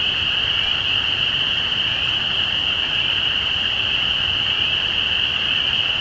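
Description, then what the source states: Spring peepers calling in a dense chorus, high piercing peeps merging into a steady shrill band without pause, with a faint low rumble underneath. Recorded at Easter 2017.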